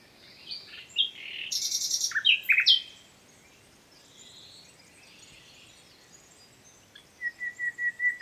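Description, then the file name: Common nightingale song: a phrase of harsh notes and a buzzy burst, a quiet gap, then a run of evenly repeated whistled notes. "Luscinia megarhynchos"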